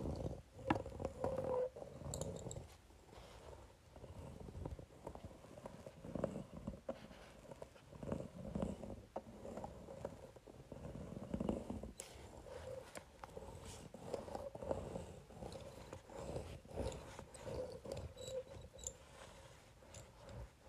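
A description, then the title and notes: A facial roller is run back and forth across paper, making a low, grainy rumble that swells and fades with each stroke. A faint steady whine sits under it throughout, while small ticks and crackles land irregularly, growing sharper after about twelve seconds. Facial Roller on Paper.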